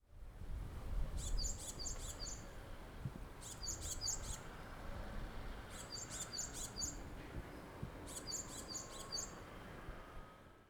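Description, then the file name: Ishigaki tit song: high, thin phrases of rapidly repeated notes, four phrases about every two and a half seconds, over a steady low rumble of background noise. "isigakisizyuukara"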